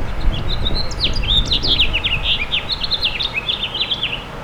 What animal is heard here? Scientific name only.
Haemorhous mexicanus